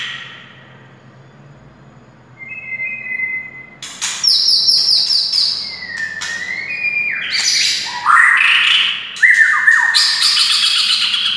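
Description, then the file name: White-rumped shama song: after a quiet start, loud varied phrases of pure whistles and harsh buzzy bursts, sliding notes dropping and rising, continuing to the end. Wild bird. "suara murai hutan asli"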